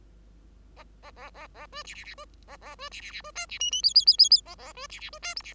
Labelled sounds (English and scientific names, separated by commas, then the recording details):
Bengalese Finch (Lonchura striata domestica) song
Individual Bird5